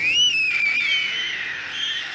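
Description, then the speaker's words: White stork chicks giving a loud, thin whistled squeak that wavers, held for about two seconds without a break. This year's young storks in a nature park at Unavir, about 15 km north of Colmar, Alsace, squeaking loudly just before the midday feeding to draw attention to themselves. "So klingt der diesjährige Storchennachwuchs im Naturpark in Unavir, rund 15 Kilometer nördlich von Colmar. Kurz vor der Mittagsfütterung machen die Jungtiere lautstark fiepend auf sich aufmerksam."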